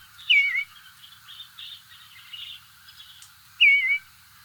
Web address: Songs of Birds of North America Know Your Bird Sounds. Eastern Bluebird